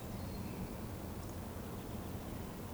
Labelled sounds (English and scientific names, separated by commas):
Eurasian Woodcock (Scolopax rusticola) whistle